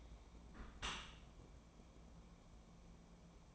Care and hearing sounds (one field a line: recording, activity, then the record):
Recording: daily activity, microphone in the room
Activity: close dishwasher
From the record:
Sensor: 1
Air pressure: 1012.4 hPa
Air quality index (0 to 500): 170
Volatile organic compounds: 3 ppm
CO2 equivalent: 1388 ppm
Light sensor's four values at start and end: 346/797/351/386 and 345/795/350/385